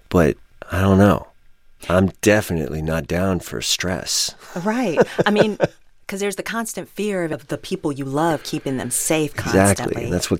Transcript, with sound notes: But I don't know. I'm definitely not down for stress.
Right.
(Laughter).
I mean, 'cause there's the constant fear of the people you love, keeping them safe constantly.